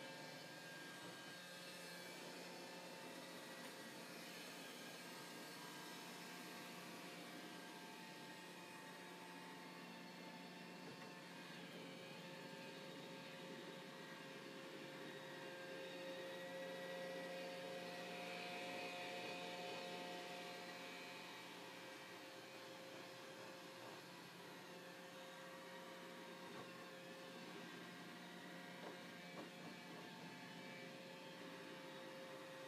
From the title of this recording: The Roaming Roomba